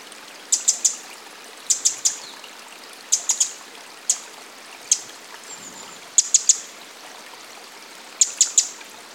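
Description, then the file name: Eurasian wren calls: very high, sharp ticks, mostly in clusters of two or three, repeated every second or two over a steady rushing of water. "Troglodytes troglodytes"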